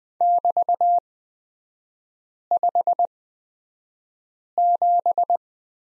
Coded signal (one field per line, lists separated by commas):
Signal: Morse code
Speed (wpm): 20 wpm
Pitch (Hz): 700 Hz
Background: none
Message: <BT>57